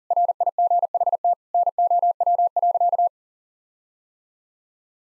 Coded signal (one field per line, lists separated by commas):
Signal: Morse code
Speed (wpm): 37 wpm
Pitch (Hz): 700 Hz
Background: none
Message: RIGHT NOW.